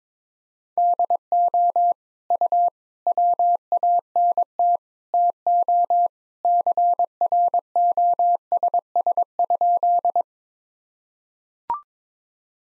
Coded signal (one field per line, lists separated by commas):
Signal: Morse code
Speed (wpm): 22 wpm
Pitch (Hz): 700 Hz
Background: none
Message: DO U WANT TO CROSS?